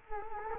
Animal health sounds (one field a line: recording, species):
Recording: mosquito wingbeat signal from an infrared sensor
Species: Culex quinquefasciatus